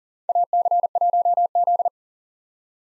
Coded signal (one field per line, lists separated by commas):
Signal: Morse code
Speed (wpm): 40 wpm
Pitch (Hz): 700 Hz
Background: none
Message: AC1Z